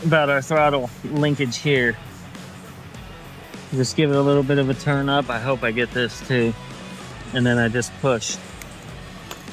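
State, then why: Seated. Someone talks while rotating a throttle linkage rod slightly and pushing its plastic end into the throttle/choke lever on a STIHL HT133 pole pruner's small two-stroke engine. Two sharp clicks at 8.6 s and 9.3 s mark the fitting snapping into place, and the linkage is seated.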